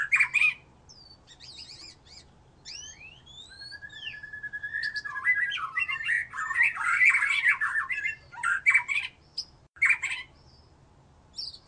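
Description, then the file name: White-rumped shama song: clear whistles and upward-sweeping slurs, then a dense run of rapid chattering and warbled notes, ending in sharp isolated chips. "murai batu"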